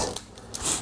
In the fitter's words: there's this hole right here and this is going to actually go in here so that'll actually lock into place like that